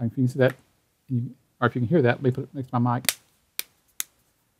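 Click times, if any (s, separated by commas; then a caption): 3.6 s, 4.0 s. Someone talks as the plastic back cover of an LG G4 smartphone is pressed back onto the phone body after a battery swap. Two sharp snaps ring out at 3.6 s and 4.0 s as the cover's clips engage, and the cover is seated.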